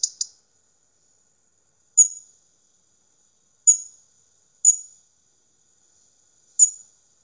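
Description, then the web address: European robin giving thin, very high ticking notes, a quick double note at the start, then single sharp ticks spaced one to two seconds apart against silence. Recorded at Saint-Amant-de-Boixe, France, in March 2020. "st-amant-boixe 2020 03 Rouge-gorge"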